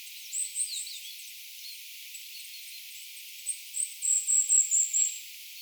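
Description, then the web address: Goldcrest calls: a few thin, very high notes early on, then a quick even series of high-pitched squeaks in the second half. Vocalisations of goldcrests, more than one bird, recorded 8 September 2025. "paivat 8 9 2025 hippiaisten aantelya"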